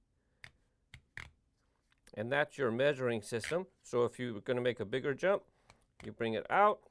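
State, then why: Seated. A plastic measuring ruler from a Hot Wheels Track Builder jump piece is slid into its slot on the plastic base and seats, giving three sharp clicks at 0.4, 0.9 and 1.2 seconds. Someone then talks for the rest of the clip.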